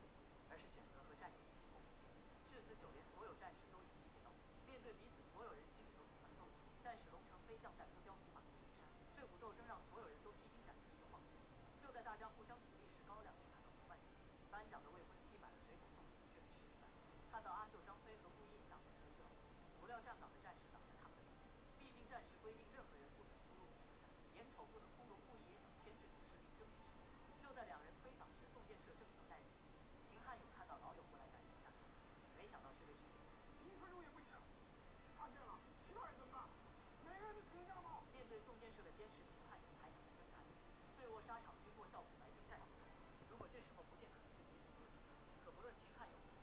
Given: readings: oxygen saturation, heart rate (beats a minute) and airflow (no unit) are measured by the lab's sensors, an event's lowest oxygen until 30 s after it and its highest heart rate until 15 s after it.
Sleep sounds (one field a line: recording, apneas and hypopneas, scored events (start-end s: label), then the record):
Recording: a person awake in a sleep study, by a voice recorder at the bedside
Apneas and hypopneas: none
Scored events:
0.00-46.43 s: awake
From the record:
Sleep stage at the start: awake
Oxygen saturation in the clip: 92 to 94%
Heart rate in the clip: 71 to 75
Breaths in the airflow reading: 14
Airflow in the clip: -5.2 to 4.8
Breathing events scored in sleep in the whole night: 263 in 5.5 hours asleep